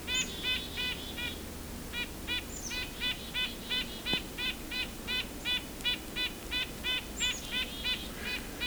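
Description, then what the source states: Red-breasted Nuthatch repeating nasal, tinny toots at a steady quick pace, with a few faint high thin notes mixed in. Very nasal call, much like White-breasted Nuthatch; bird drawn in by pishing, right in front of the observer, during a Christmas bird count near Isthmus Bay Road.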